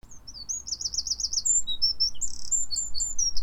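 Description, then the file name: Eurasian wren singing a fast, high-pitched run of sharp notes and brief trills, with a steady low rumble underneath. "Troglodytes troglodytes"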